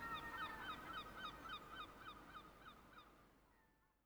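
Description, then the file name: Gulls give rapid, bouncing, repeated cries in a dense chorus that fades away toward silence near the end. "seagulls"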